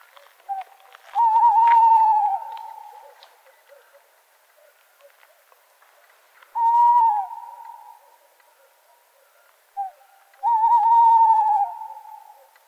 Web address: strix aluco call